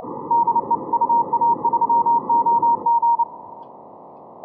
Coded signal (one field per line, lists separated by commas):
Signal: Morse code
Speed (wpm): 29 wpm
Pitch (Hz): 940 Hz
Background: none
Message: DE UA3OG